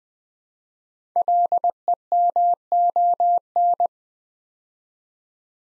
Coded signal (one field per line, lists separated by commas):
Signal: Morse code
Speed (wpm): 20 wpm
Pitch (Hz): 700 Hz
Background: none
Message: LEMON